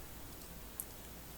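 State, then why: Seated. The saw blade of a Leatherman Wave folding multi-tool is opened until its steel liner lock snaps into place. A single short, sharp, high-pitched click sounds at 0.8 s against a quiet background. The blade locks open.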